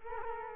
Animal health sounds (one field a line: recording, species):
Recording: mosquito wingbeat signal from an infrared sensor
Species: Culex quinquefasciatus